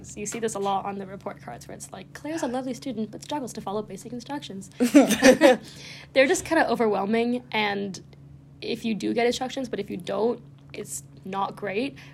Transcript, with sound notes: You see this a lot on report cards where it’s like, “Claire’s a lovely student who struggles to follow instructions.” (laughs) They’re just, kinda overwhelming and…if you do get instructions but if you don’t, its not great.